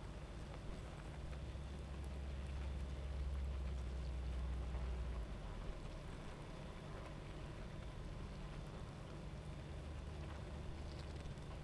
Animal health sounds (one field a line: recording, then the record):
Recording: honeybee colony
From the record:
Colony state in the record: active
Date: 28 July 2017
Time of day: 23:33